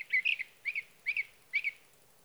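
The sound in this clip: Sage thrasher song, four short warbled phrases spaced about half a second apart.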